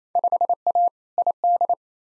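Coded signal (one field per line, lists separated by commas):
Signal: Morse code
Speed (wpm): 28 wpm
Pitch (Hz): 700 Hz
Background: none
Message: 5A ID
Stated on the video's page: Head-copy drill of Field Day contest exchanges at 28 wpm, sent in Morse, spoken, then sent again; exchanges weighted roughly by 2019 participation.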